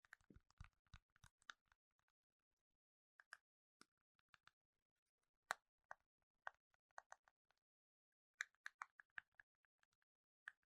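Fingertips tap on Apple devices and boxes in short, crisp clicks, some in quick clusters and others spaced apart. The first second and a half has a few deeper, hollow knocks under the taps. One sharp, louder tap lands near the middle, and a dense flurry follows around eight to nine seconds.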